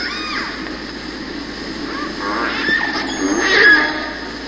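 Orca calls: a few tonal, harmonic calls rising and falling over a hissing watery background, with a thin high whistle in the second half.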